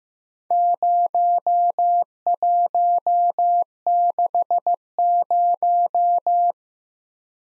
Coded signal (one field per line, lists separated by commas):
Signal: Morse code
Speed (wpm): 15 wpm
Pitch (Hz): 700 Hz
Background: none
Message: 0160